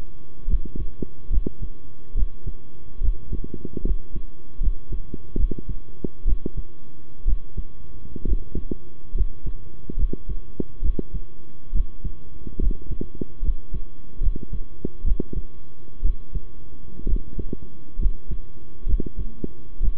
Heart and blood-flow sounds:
heart sounds by stethoscope; between the tricuspid and mitral areas; 68 bpm
0.47 s: heartbeat
1.30 s: heartbeat
2.14 s: heartbeat
3.00 s: heartbeat
3.84 s: heartbeat
4.60 s: heartbeat
5.37 s: heartbeat
6.25 s: heartbeat
7.25 s: heartbeat
8.25 s: heartbeat
9.14 s: heartbeat
9.97 s: heartbeat
10.82 s: heartbeat
11.72 s: heartbeat
12.59 s: heartbeat
13.42 s: heartbeat
14.20 s: heartbeat
15.04 s: heartbeat
16.02 s: heartbeat
17.06 s: heartbeat
17.98 s: heartbeat
18.86 s: heartbeat
19.80 s: heartbeat
From the record:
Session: rest, sitting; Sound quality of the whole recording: good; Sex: male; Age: 23 years

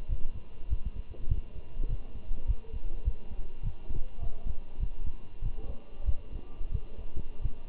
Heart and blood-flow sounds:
heart sounds by stethoscope; between the tricuspid and mitral areas; 98 bpm
0.09 s: heartbeat
0.70 s: heartbeat
1.29 s: heartbeat
1.89 s: heartbeat
2.48 s: heartbeat
3.05 s: heartbeat
3.63 s: heartbeat
4.21 s: heartbeat
4.80 s: heartbeat
5.42 s: heartbeat
6.06 s: heartbeat
6.72 s: heartbeat
7.42 s: heartbeat
From the record:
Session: walking at 3.7 km/h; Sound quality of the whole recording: good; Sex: male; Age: 23 years

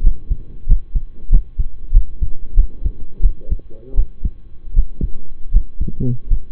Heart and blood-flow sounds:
heart sounds by stethoscope; between the tricuspid and mitral areas; 86 bpm
0.00 s: heartbeat
0.65 s: heartbeat
1.29 s: heartbeat
1.91 s: heartbeat
2.54 s: heartbeat
3.21 s: heartbeat
3.95 s: heartbeat
4.73 s: heartbeat
5.51 s: heartbeat
6.28 s: heartbeat
From the record:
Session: rest, lying down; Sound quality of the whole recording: partially saturated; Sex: male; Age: 25 years

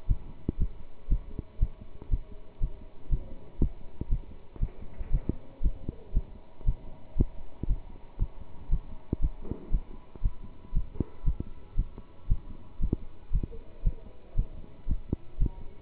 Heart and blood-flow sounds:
heart sounds by stethoscope; between the tricuspid and mitral areas; 118 bpm
0.07 s: heartbeat
0.58 s: heartbeat
1.09 s: heartbeat
1.59 s: heartbeat
2.10 s: heartbeat
2.60 s: heartbeat
3.10 s: heartbeat
3.59 s: heartbeat
4.09 s: heartbeat
4.59 s: heartbeat
5.11 s: heartbeat
5.61 s: heartbeat
6.13 s: heartbeat
6.65 s: heartbeat
7.16 s: heartbeat
7.67 s: heartbeat
8.18 s: heartbeat
8.70 s: heartbeat
9.20 s: heartbeat
9.71 s: heartbeat
10.22 s: heartbeat
10.73 s: heartbeat
11.24 s: heartbeat
11.76 s: heartbeat
12.28 s: heartbeat
12.79 s: heartbeat
13.31 s: heartbeat
13.83 s: heartbeat
14.35 s: heartbeat
14.87 s: heartbeat
15.38 s: heartbeat
From the record:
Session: pedaling a stationary bicycle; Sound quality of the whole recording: good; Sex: male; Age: 27 years

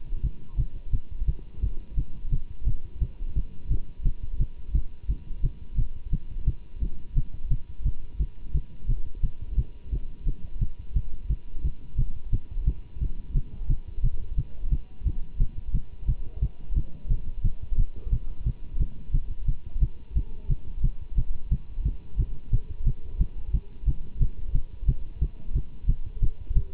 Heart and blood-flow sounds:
heart sounds by stethoscope; between the tricuspid and mitral areas; 176 bpm
0.22 s: heartbeat
0.57 s: heartbeat
0.92 s: heartbeat
1.27 s: heartbeat
1.61 s: heartbeat
1.96 s: heartbeat
2.31 s: heartbeat
2.65 s: heartbeat
3.00 s: heartbeat
3.35 s: heartbeat
3.69 s: heartbeat
4.04 s: heartbeat
4.39 s: heartbeat
4.73 s: heartbeat
5.08 s: heartbeat
5.42 s: heartbeat
5.77 s: heartbeat
6.11 s: heartbeat
6.46 s: heartbeat
6.80 s: heartbeat
7.15 s: heartbeat
7.50 s: heartbeat
7.84 s: heartbeat
8.18 s: heartbeat
8.53 s: heartbeat
8.87 s: heartbeat
9.22 s: heartbeat
9.56 s: heartbeat
9.91 s: heartbeat
10.25 s: heartbeat
10.60 s: heartbeat
10.94 s: heartbeat
11.28 s: heartbeat
11.63 s: heartbeat
11.97 s: heartbeat
12.31 s: heartbeat
12.66 s: heartbeat
13.00 s: heartbeat
13.34 s: heartbeat
13.68 s: heartbeat
14.02 s: heartbeat
14.36 s: heartbeat
14.71 s: heartbeat
15.05 s: heartbeat
15.39 s: heartbeat
15.73 s: heartbeat
16.07 s: heartbeat
16.41 s: heartbeat
16.75 s: heartbeat
17.09 s: heartbeat
17.43 s: heartbeat
17.77 s: heartbeat
18.11 s: heartbeat
18.45 s: heartbeat
18.79 s: heartbeat
19.13 s: heartbeat
19.47 s: heartbeat
19.80 s: heartbeat
20.15 s: heartbeat
20.48 s: heartbeat
20.82 s: heartbeat
21.16 s: heartbeat
21.50 s: heartbeat
21.84 s: heartbeat
22.18 s: heartbeat
22.51 s: heartbeat
22.85 s: heartbeat
23.19 s: heartbeat
23.52 s: heartbeat
23.86 s: heartbeat
24.20 s: heartbeat
24.53 s: heartbeat
24.87 s: heartbeat
25.20 s: heartbeat
25.54 s: heartbeat
25.87 s: heartbeat
26.21 s: heartbeat
26.55 s: heartbeat
From the record:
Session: Bruce protocol treadmill stress test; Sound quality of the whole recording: good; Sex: male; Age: 24 years

